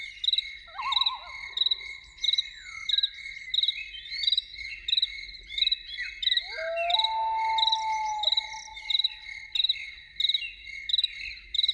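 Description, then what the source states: Loon giving a brief wavering tremolo, then later a long sustained wail, with crickets chirping steadily in rapid pulses all the way through. Evening.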